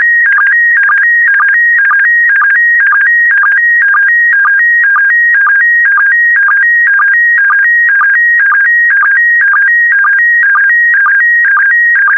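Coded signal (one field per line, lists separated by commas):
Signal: SSTV (slow-scan television)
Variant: PD120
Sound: steady warbling tone toggling between two pitches, with short low blips about twice per second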